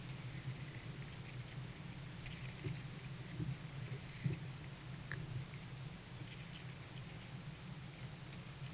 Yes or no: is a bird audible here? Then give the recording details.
no. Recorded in pastures near Puerto Asís, Putumayo, Colombia, on 22 June 2025 at 16:00. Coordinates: 0.486, -76.323. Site H29